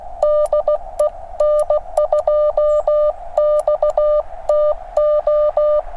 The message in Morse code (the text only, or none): DE N2XTO